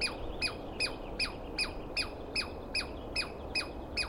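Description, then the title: Douglas squirrel calling in a steady series of harsh, piercing notes, roughly two or three each second, each dropping quickly in pitch. Dawn recording, early morning, 21 April 2017, East Cascades; single squirrel calling at length and screaming; recordist not fully certain of identification, judged by sound. "Interview With The Chipmunk"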